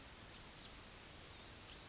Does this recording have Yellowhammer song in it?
no